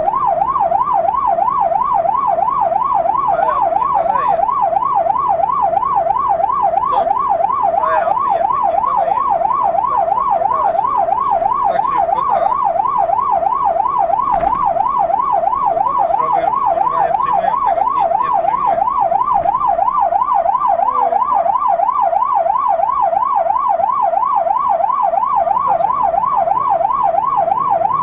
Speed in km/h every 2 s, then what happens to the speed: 52, 54, 54, 57, 57, 58, 58, 58, 58, 57, 38, 34, 34, 35.
0-17 steady at about 57. 17-21 brakes to 34. 21-28 steady at about 34.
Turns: none.